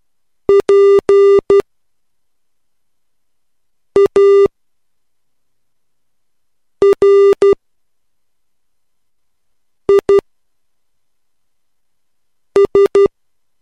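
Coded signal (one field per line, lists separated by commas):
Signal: Morse code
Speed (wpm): 12 wpm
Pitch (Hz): 400 Hz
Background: none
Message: PARIS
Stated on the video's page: Morse code practice at 3 wpm using a limited set of letters.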